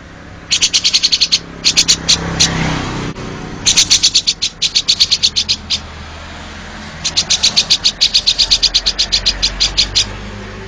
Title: Kicau Kacer